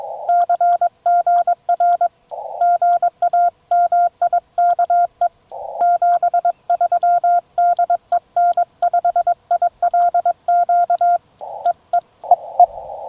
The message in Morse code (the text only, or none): CGR GA MIKE 73 DE N5ILQ EE EE